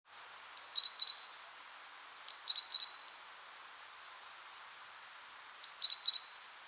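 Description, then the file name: Great tit calls, high thin notes in short clusters, repeated three times a few seconds apart, with faint background noise. "Parus major"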